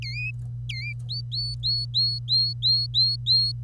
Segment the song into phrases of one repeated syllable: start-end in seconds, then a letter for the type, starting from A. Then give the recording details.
0.02-0.30 A, 0.69-0.92 A, 1.09-3.52 B. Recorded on 25 April 2018 at 09:27. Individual llb3